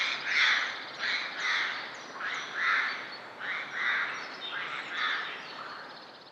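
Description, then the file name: Eurasian jay making several rough, nasal squawks, each call broad and rasping, against a quiet hissy background. "Garrulus glandarius"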